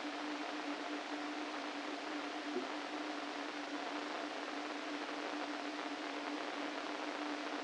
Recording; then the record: brain microelectrode recording played as sound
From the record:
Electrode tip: inside the subthalamic nucleus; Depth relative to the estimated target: 0 mm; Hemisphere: right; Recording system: NeuroSet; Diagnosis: Parkinson's disease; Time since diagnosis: 13 years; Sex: male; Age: 49 years